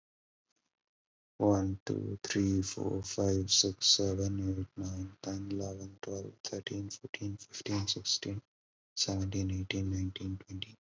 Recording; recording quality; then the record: counting at a normal pace; excellent, no background noise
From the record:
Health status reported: COVID-19 positive, mild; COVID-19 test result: positive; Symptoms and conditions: sore throat, fever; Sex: male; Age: 23 years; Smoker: not ticked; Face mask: not worn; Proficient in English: yes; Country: India